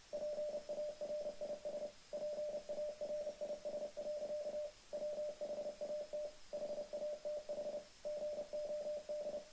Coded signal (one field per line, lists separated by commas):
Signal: Morse code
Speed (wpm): 28 wpm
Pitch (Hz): 600 Hz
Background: music, radio noise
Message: PARIS PARIS. WHAT HATH GOD